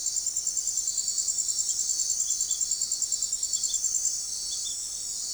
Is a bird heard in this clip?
no